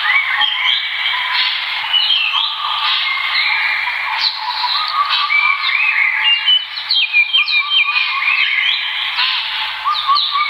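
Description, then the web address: Birds calling in a dense chorus of overlapping whistled and chirping notes, many short rising and falling phrases without pause throughout. "birds asiatori"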